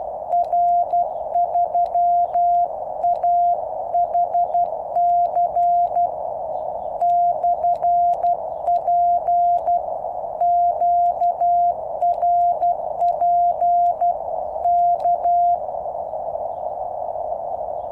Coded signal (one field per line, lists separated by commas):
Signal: Morse code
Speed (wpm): 12 wpm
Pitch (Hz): 700 Hz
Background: none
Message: R3AHC/P QRP K